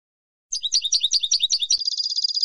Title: Cd Jilguero